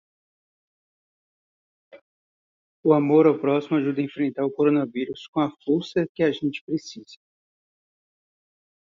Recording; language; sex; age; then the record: spoken sentence; Brazilian Portuguese; male; 30 to 39 years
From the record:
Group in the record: control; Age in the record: 38 years